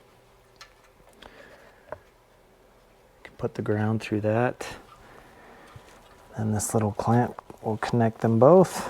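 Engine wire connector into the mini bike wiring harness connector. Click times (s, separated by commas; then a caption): 1.9 s. During an engine swap on a Coleman CT200U mini bike, the last engine wire's plastic bullet/spade connector is pushed into its mating wiring harness connector. After a few faint ticks, a sharp click at 1.9 s marks the connector latching and seating. Someone then talks.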